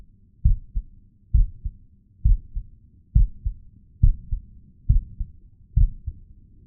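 Steady low lub-dub heart sounds of a real adult heartbeat, about 69 beats a minute, regular paired thumps of a normal heartbeat, low in frequency and looping.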